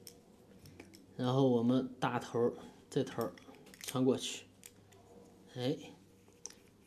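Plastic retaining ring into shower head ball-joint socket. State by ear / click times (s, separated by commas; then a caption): seated / 6.5 s. Someone talks while assembling a shower head's ball joint: after the rubber gasket is seated, the hard plastic retaining ring is pushed large end first through the ball-joint socket. A sharp click at 6.5 s marks the ring snapping in and catching, so it is seated and can no longer fall out.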